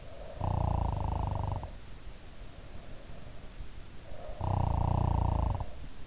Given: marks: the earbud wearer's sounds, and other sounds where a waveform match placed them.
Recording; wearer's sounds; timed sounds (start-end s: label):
sounds in sleep by an in-ear microphone; snoring breath
0.01-2.19 s: snoring breath
4.01-6.06 s: snoring breath